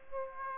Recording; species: mosquito wingbeat signal from an infrared sensor; Aedes aegypti